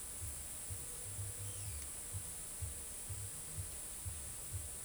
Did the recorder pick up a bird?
no